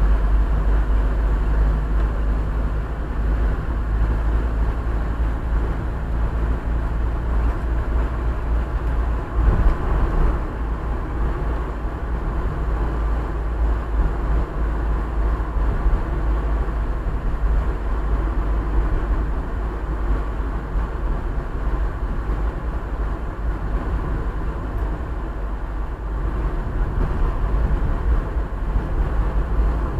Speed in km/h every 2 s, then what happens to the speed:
48, 51, 54, 55, 55, 55, 53, 52, 51, 50, 50, 48, 48, 49, 46.
0-4 speeds up to 54. 4-30 slows to 46.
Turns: none.